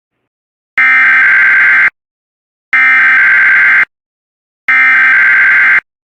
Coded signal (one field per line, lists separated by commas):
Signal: Emergency Alert System (SAME) tones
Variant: header bursts